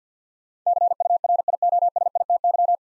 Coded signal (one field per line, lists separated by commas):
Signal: Morse code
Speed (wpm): 53 wpm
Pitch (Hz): 700 Hz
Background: none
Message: CURIOSITY